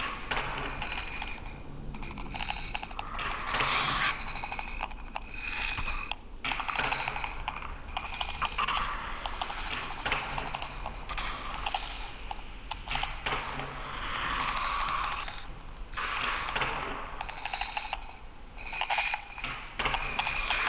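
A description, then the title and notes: A small drawing machine runs on its own with a dense, steady scratching and whirring, punctuated by frequent clicking ticks and brief pauses. The soundscapes are constructed from recordings of simple autonomous kinetic drawing apparatus that were set up and left to operate for extended periods of time without intervention. Each apparatus is a unique combination of modified turntable, found objects, rods, cables, and pens, in an assemblage suspended from a camera tripod. The sounds were manipulated by layering, time shifting, EQ and other simple effects.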